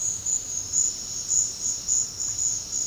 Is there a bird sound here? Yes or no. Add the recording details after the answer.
no. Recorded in secondary vegetation near Puerto Asís, Putumayo, Colombia, on 13 March 2025 at 12:30. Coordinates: 0.484, -76.319. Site G010